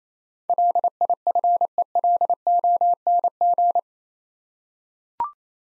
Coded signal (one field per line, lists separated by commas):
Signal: Morse code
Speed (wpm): 27 wpm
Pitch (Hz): 700 Hz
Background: none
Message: LIFELONG